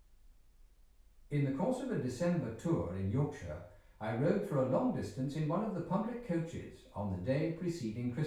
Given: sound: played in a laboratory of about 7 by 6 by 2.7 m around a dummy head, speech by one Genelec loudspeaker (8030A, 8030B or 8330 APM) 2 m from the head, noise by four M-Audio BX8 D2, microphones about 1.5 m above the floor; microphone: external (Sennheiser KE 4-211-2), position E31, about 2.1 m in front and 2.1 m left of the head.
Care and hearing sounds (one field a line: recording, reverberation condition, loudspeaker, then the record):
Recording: male speech in English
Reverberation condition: medium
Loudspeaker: 120 degrees to the left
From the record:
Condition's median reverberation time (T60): about 510 ms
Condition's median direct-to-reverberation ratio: about -0.5 dB